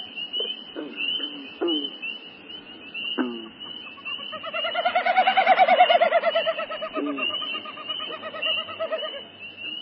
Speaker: So one more time, a variety of sounds from the Wilson snipe.